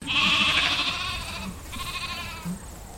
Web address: Sound Effects-Foundation 1 ANIMAL SHEEP DORPER LAMB BAA